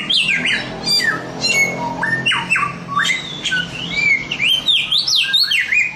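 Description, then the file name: Chinese grosbeak pouring out harsh squawks, sharp upward sweeps and zigzagging whistled phrases, loud and continuous throughout. Samyong (Chinese grosbeak) masteran, a song-training recording. "masteran samyong omkicau"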